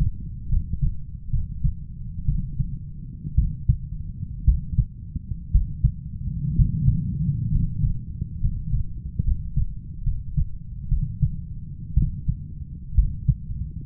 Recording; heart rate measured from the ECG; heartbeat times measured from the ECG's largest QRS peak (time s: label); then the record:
heart sounds by stethoscope; 63 bpm
0.48 s: heartbeat
1.30 s: heartbeat
2.25 s: heartbeat
3.35 s: heartbeat
4.44 s: heartbeat
5.51 s: heartbeat
6.55 s: heartbeat
7.51 s: heartbeat
8.40 s: heartbeat
9.23 s: heartbeat
10.03 s: heartbeat
10.88 s: heartbeat
11.94 s: heartbeat
12.94 s: heartbeat
From the record:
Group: healthy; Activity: rest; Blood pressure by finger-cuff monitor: 125/72 mmHg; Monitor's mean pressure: 88 mmHg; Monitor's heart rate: 63 bpm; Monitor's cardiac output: 7.3 L/min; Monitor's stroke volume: 113 mL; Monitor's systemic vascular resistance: 890 dyn s/cm5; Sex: male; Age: 23 years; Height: 178 cm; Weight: 96.6 kg